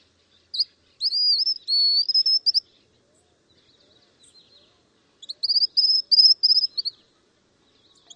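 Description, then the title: White-naped xenopsaris giving two high, thin song phrases about four seconds apart, each of quick sharp notes and upslurred whistles ending in a short wavering trill. "LuckyPassaro Completos2Sama. White-naped Xenopsaris (Xenopsaris albinucha)"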